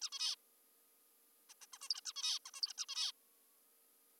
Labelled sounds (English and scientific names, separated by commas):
Zebra Finch (Taeniopygia guttata)